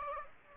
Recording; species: mosquito wingbeat signal from an infrared sensor; Aedes aegypti